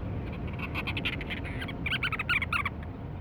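Cape Verde storm petrel uttering a fast series of short stuttering notes that grow louder and sharper toward the end, above a low background rumble.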